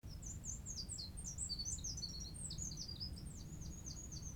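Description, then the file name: Eurasian wren singing a long, rapid, very high song of tumbling trills and sharp notes that runs without pause for about four seconds, over a low background rumble. "Troglodytes troglodytes"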